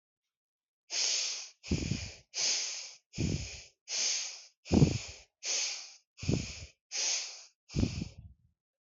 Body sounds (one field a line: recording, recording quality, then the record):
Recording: shallow breathing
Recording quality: excellent, no background noise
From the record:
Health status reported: healthy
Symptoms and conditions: none ticked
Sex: female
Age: 20 years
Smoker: not ticked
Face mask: not worn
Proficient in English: yes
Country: India